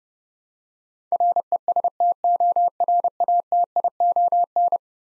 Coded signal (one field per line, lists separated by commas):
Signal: Morse code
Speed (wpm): 30 wpm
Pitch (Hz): 700 Hz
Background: none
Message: RESTORATION